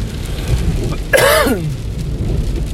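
A single short, voiced cough from an adult, over steady low background noise.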